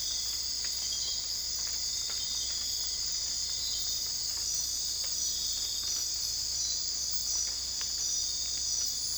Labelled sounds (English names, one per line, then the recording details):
none
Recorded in dense forest near Puerto Asís, Putumayo, Colombia, on 20 December 2024 at 01:30
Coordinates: 0.485, -76.318
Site GP03